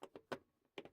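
A plastic access cover over the fuel pump area of a Peugeot 106, which had not been fitted before, is pushed back into place by hand. A few short, sharp plastic clicks are heard, with the loudest snaps at 0.3 s and 0.8 s as its clips snap in and the cover seats.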